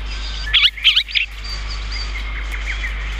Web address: sikioto birds komukudori